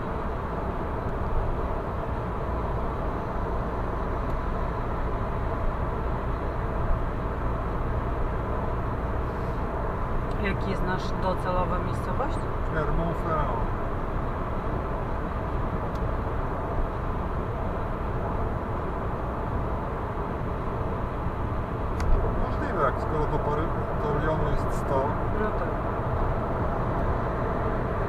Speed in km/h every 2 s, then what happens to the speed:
105, 104, 104, 105, 106, 107, 108, 109, 109, 109, 109, 109, 109, 110.
0-28 steady at about 108.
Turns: none.